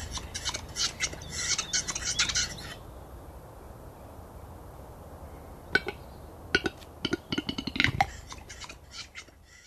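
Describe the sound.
Western capercaillie giving dry clicks in an irregular series, following a stretch of busy chattering.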